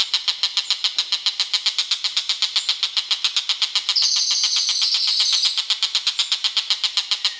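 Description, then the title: Bird calls: pulsed chirps repeated about four times a second, joined midway by a loud, high buzzy trill lasting under two seconds. "SUARA BURUNG"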